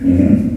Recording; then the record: squeal of a Yucatan mini pig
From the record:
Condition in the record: after surgery on the right vocal fold (resection and tissue-engineered implant); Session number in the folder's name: 7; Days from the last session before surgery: 47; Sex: female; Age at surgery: 19 weeks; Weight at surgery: 25 kg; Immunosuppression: prednisolone